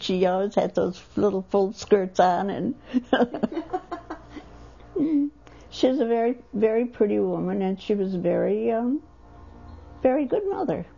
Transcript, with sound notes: She always had those little full skirts on, and ( they laugh ) she was a very, very pretty woman, and she was very, a very good mother.